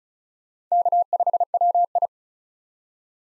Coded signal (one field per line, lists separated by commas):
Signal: Morse code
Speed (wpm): 34 wpm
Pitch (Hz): 700 Hz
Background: none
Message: K5WI